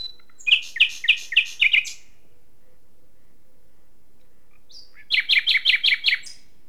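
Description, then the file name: Common nightingale song: two bursts of quick, evenly spaced chirping notes separated by a three-second pause, the second phrase ending in a short high whistle. "Luscinia megarhynchos"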